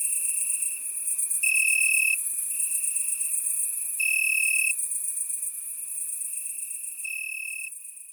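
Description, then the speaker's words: Cricket and grasshopper stridulating, a steady high ringing trill with a few louder bursts, continuous throughout. "Le grillon et la sauterelle stridulent."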